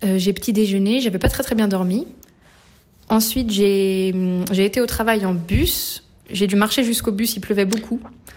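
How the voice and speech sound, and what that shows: An adult woman speaks French at an easy conversational pace, recounting her previous day. Her voice is clear and steady, moderately pitched, with natural intonation, one brief hesitation and ordinary pauses. Her voice scores 92% for overall wellbeing, with stress and mood fine and anxiety negligible. This is typical, fluent adult speech.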